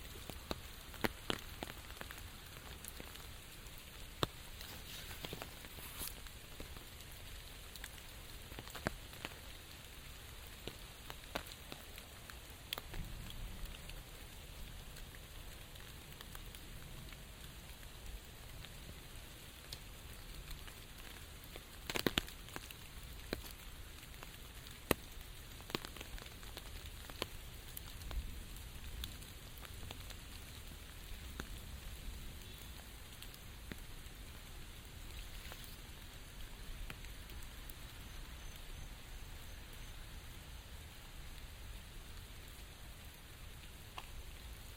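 Rain patters on an umbrella during a walk, a steady dense hiss with frequent sharp drop taps scattered throughout. Louder cracks stand out near 6, 22 and 25 seconds, and a soft low rumble runs beneath, heavier around the middle.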